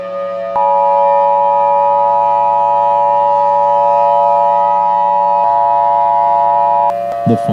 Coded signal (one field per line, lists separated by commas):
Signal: Emergency Alert System (SAME) tones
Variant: 853 and 960 Hz attention tone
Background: speech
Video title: EAS Scenario: Cold Infected Aliens